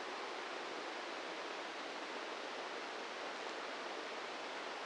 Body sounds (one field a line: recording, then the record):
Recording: brain microelectrode recording played as sound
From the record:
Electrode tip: inside the subthalamic nucleus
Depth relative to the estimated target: -4 mm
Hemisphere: left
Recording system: NeuroSet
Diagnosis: Parkinson's disease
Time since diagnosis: 8 years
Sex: male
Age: 46 years